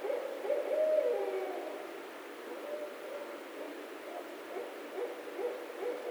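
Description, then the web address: Barred owl hooting faintly, one clearer hoot near the start, then fainter calls over steady hiss. Recorded 16 March 2011. "Barred Owl 2011 03 16"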